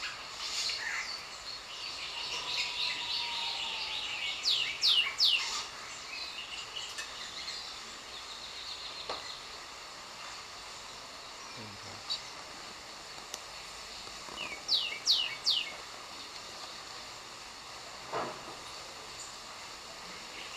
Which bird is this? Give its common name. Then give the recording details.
Northern Cardinal. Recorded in captivity. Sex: pair. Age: adult. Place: Zoo Berlin, Berlin, DE. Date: 1997-08-19 10:50. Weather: fair, 26-28°C. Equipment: Marantz CP 130, Mikro CE, Kopie Uher 4000 Report Monitor. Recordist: Tembrock, Günter